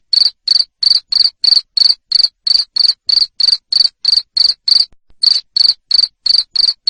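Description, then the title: Cricket giving a steady run of loud, shrill chirps, roughly three per second, broken by a single short gap. Loud cricket chirping used to stimulate lovebirds into continuous singing. "Suara JANGKRIK NGERIK Keras Bikin LOVEBIRD Jadi NGEKEK Terus"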